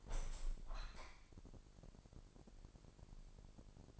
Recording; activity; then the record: daily activity, microphone in the room; open window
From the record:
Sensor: 5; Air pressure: 1000.1 hPa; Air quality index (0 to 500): 248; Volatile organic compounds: 35 ppm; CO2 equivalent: 3053 ppm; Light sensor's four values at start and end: 34/80/32/30 and 34/80/32/30